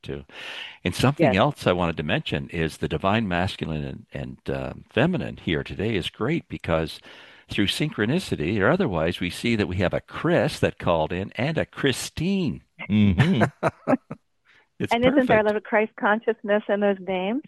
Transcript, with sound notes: And something else I wanted to mention is the divine masculine and, and, uh, feminine here today is great, because through synchronicity or otherwise, we see that we have a Chris that called in and a Christine.
(laughs)
Mm-hmm.
It's perfect.
And isn't there a little Christ consciousness in those names?